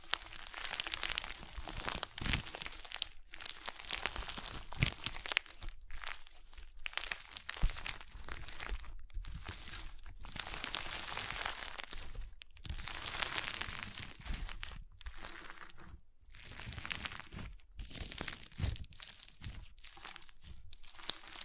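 Dense crunching and crinkling of slime runs almost continuously, bright and crackly, broken by brief silent gaps every second or two.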